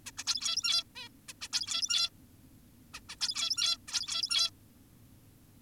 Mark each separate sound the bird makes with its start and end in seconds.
0.06-0.11, 0.18-0.24, 0.27-0.84, 0.96-1.08, 1.28-1.33, 1.41-1.49, 1.53-2.10, 2.94-3.00, 3.09-3.16, 3.21-3.77, 3.88-4.50